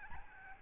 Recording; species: mosquito wingbeat signal from an infrared sensor; Aedes albopictus